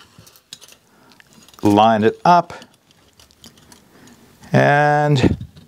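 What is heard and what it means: A Firebox "Wood Flame" gas burner, with its gas line already fed through the port, is handled over the metal mounting pins inside a small folding camp stove. Faint light taps and ticks are heard while someone talks. Nothing has seated or clicked yet.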